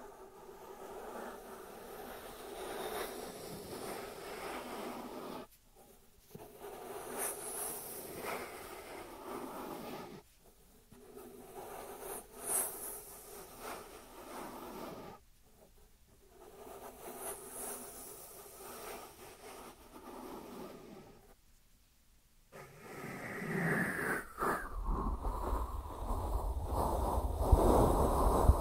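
Dry hands rub and brush against each other in a steady, dense scratchy rustle. The rubbing comes in bursts of about five seconds, split by short silent pauses near 6, 10, 15 and 22 seconds. The last stretch turns louder and rougher, with heavier friction.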